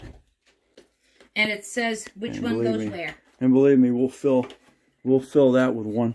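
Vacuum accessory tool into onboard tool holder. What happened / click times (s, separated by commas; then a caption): The attachment clicked into its holder / 0.8 s, 1.2 s. Vacuum accessory tools are pushed into the plastic storage holder on the vacuum body, and two short clicks at 0.8 s and 1.2 s show them seated in place so they won't fall out. Someone then talks.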